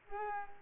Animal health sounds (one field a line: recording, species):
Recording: mosquito wingbeat signal from an infrared sensor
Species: Culex pipiens